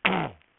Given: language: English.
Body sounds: throat vibration sensor signal played as sound; throat clearing

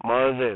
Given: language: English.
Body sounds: throat vibration sensor signal played as sound; speech

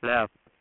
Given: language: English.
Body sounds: throat vibration sensor signal played as sound; speech

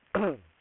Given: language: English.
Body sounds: throat vibration sensor signal played as sound; throat clearing

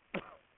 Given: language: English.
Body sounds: throat vibration sensor signal played as sound; cough

